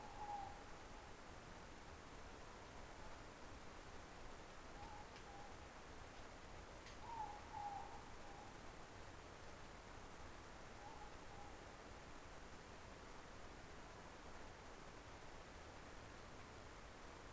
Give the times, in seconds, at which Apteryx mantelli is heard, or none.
none